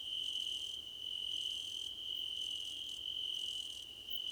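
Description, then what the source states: Crickets trilling in chorus, a steady high-pitched trill holding without a break, with fainter, higher shimmering bursts that come and go above it. Several crickets chirping together, described as a choir competition.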